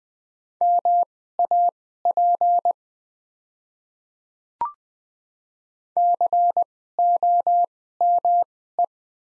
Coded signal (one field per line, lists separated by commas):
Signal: Morse code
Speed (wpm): 20 wpm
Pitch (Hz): 700 Hz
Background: none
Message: MAP COME